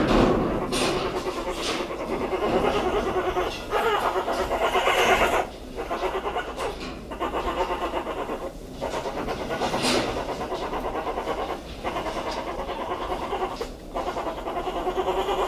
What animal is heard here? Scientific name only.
Helarctos malayanus